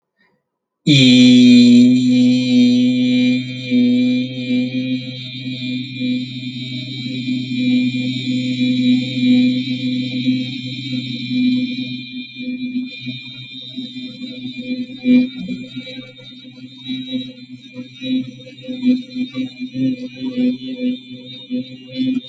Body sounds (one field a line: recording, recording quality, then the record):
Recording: sustained vowel as in beet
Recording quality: excellent, no background noise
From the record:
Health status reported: healthy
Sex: male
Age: 32 years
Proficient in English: yes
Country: India